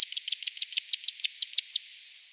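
Montagu's harrier giving a rapid series of about twelve sharp, high, yelping notes, steady in pitch and evenly paced.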